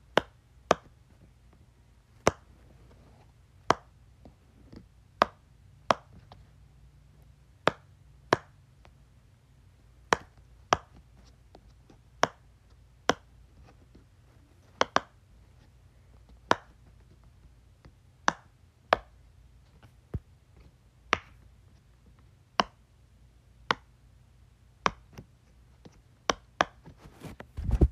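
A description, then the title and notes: A pop-it fidget toy is pressed bubble by bubble, giving sharp, bright pops about once or twice a second against a low steady hum. Near the end the pops come faster and cluster together in a quick burst. ASMR Playing with my Pop-It.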